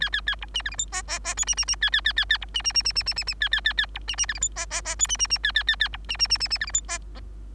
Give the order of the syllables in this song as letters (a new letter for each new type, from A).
A A A B C D E F G G G H C C C A A A A A B C C C C C C C C A A A A B C C D E F G G G H C C C A A A A B C C C C C D E F G G